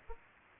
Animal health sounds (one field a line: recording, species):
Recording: mosquito wingbeat signal from an infrared sensor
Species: Aedes aegypti